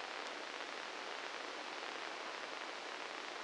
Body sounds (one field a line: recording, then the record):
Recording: brain microelectrode recording played as sound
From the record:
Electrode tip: inside the subthalamic nucleus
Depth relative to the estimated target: 1 mm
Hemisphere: left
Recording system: NeuroSet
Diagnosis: Parkinson's disease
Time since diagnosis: 9 years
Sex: male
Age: 61 years